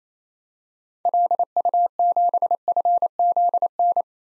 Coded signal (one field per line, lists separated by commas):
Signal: Morse code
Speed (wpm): 28 wpm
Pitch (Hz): 700 Hz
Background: none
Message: LU7FZN